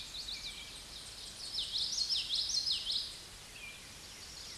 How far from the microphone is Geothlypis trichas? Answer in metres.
about 15 m